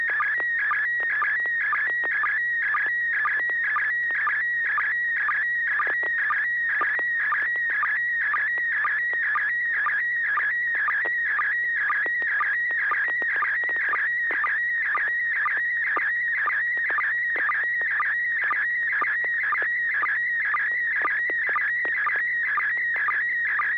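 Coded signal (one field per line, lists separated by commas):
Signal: SSTV (slow-scan television)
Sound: steady warbling, chirping tone with regular short low blips, continuous throughout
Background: low hum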